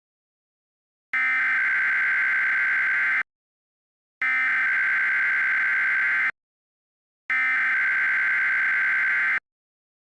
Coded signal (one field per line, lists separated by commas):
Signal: Emergency Alert System (SAME) tones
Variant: header bursts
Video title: EAS Mock: A ridiculously large list of counties